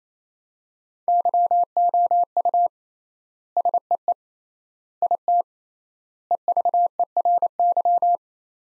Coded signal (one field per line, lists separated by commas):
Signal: Morse code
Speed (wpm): 28 wpm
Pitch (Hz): 700 Hz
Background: none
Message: YOU SEE IT EVERY